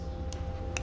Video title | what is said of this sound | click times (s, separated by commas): OpenROV- Assembling the E-Chassis part 5 - Adding Power and Tether Wires to the connector | there's a click kind of give it a light tug it doesn't pull out | 0.3 s, 0.8 s